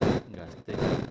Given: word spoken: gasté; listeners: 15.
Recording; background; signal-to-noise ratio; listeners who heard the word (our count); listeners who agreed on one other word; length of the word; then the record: one Spanish word in noise, from a listening test; noise modulated by one talker; -10.9 dB; 3 of 15; 10 of 15; 0.71 s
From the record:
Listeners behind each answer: 10, 3, 2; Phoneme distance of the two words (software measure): 14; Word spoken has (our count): 2 syllables, 5 phonemes, stress on syllable 2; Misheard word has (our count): 2 syllables, 7 phonemes, stress on syllable 2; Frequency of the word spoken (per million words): 0.39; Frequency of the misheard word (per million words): 0.37